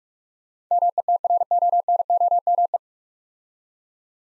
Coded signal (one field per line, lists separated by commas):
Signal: Morse code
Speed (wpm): 45 wpm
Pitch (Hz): 700 Hz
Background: none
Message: METRONOME